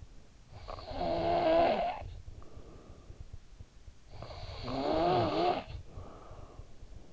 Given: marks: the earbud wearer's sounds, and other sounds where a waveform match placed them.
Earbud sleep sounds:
sounds in sleep by an in-ear microphone; snoring breath
0.01-3.36 s: snoring breath
3.81-7.12 s: snoring breath

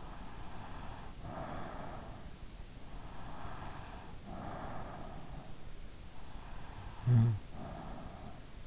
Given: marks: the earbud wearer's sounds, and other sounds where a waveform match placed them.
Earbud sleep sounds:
sounds in sleep by an in-ear microphone; breath, snoring breath
0.00-2.23 s: breath
3.30-5.49 s: breath
6.44-8.39 s: snoring breath

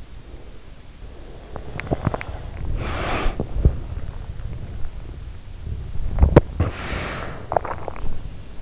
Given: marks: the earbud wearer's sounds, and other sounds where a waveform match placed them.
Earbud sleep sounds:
sounds in sleep by an in-ear microphone; breath, teeth grinding, body movement, swallowing
0.00-3.70 s: breath
1.43-3.88 s: teeth grinding
1.83-7.18 s: body movement
6.51-7.85 s: breath
7.40-8.47 s: swallowing

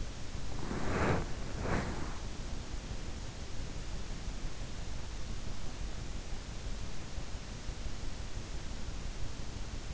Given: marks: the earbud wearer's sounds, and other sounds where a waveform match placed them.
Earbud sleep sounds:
sounds in sleep by an in-ear microphone; body movement
0.00-2.89 s: body movement

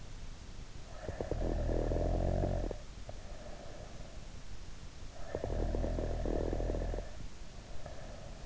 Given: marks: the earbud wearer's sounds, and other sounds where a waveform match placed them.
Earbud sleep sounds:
sounds in sleep by an in-ear microphone; snoring breath
0.92-4.09 s: snoring breath
5.00-8.46 s: snoring breath

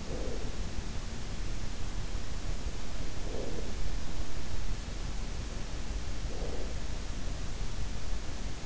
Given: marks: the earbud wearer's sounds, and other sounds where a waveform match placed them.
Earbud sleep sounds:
sounds in sleep by an in-ear microphone; breath
0.00-0.77 s: breath
3.03-3.77 s: breath
6.01-7.04 s: breath

